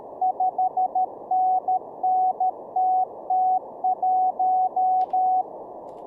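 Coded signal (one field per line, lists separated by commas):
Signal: Morse code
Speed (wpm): 13 wpm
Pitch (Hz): 740 Hz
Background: none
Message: 5NNTT1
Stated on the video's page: Morse practice during a live-streamed daily CW learning session.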